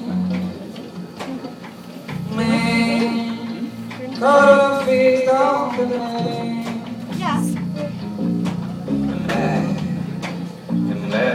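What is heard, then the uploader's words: Voices fill a lively wedding gathering, with a strong wavering voice rising over the crowd around two seconds and again from about four to six seconds, sounding almost like a bleat. Underneath, a steady low hum of chatter continues throughout, with scattered sharp knocks and clatters. Sounds in Wedding by ejcoombe.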